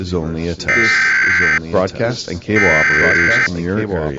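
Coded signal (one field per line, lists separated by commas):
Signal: Emergency Alert System (SAME) tones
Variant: header bursts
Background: speech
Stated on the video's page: Recreation of the 2016 National EAS Test.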